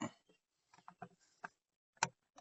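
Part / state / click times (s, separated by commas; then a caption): wiring harness connector onto engine sensor socket / seated / 2.0 s. A second plastic wiring harness connector is pushed onto an engine sensor socket on a 2018 Tahoe after the coolant temperature sensor was replaced. Faint ticks and small knocks come first, then a sharp, loud click at 2.0 s as the connector seats fully.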